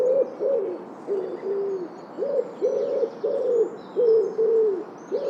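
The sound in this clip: Bird giving a series of several low, hollow cooing notes.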